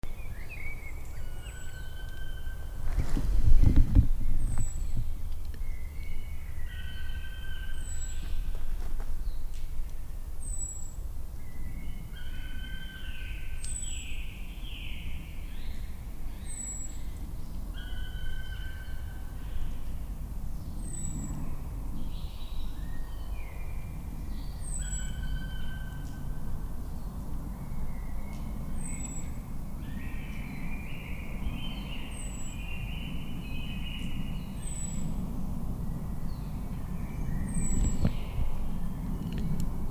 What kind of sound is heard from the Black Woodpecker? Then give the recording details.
call. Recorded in the wild. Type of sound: call. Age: adult. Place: Altsorgefeld, NSG Rochauer Heide, Brandenburg, DE. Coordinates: 51.8147, 13.52. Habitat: wood. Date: 2007-03-13 17:42. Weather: heiter, 15°C, windstill. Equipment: Sound Devices 702, Sennheiser MKH 70, Windkorb. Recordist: Frommolt, Karl-Heinz. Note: Revier 93: "kijäh"-Rufe. Entfernung ca. 100 m